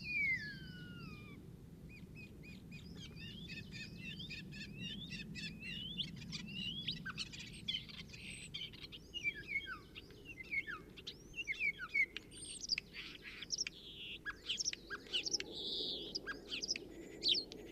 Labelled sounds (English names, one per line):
European Starling song